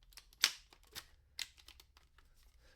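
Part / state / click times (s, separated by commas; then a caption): leg of a camping cot into the frame socket / seated / 0.4 s. A leg is fitted onto a corner of a lightweight folding camping cot frame and snaps into its socket, popping into place with a sharp, loud click at 0.4 s. Fainter taps and handling clicks follow, including one at about 1.4 s, as the legs are connected up. The leg is seated.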